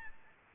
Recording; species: mosquito wingbeat signal from an infrared sensor; Aedes albopictus